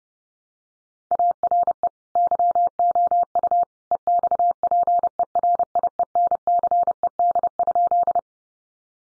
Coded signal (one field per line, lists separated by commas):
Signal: Morse code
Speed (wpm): 30 wpm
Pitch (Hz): 700 Hz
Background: none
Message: ARE YOU EXPERIENCED?